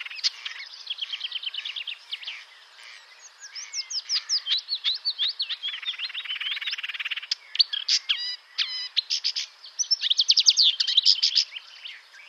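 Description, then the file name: Marsh Warbler singing a rapid, ever-changing medley of trills, twitters and clipped whistles, with quick rattling runs and brief gaps between phrases. Recorded 25 May 2007 around 08:10 at Bonnevaux. "Rousserolle verderolle 20070525 0810 25 Bonnevaux"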